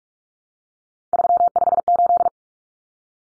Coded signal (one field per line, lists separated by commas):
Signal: Morse code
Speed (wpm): 44 wpm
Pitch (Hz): 700 Hz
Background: none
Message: 358